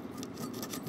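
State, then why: Not seated. A plastic NEM knuckle (KD) coupling is being pushed into the NEM coupling pocket on a model locomotive, producing a steady, soft scraping rub with a few faint ticks. Nothing has seated or clicked yet; the coupling is handled but not yet home.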